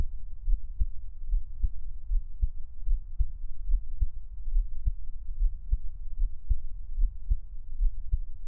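An adult's own heartbeat heard close up: steady, dull, low thumps at about 74 beats a minute over a soft low hum.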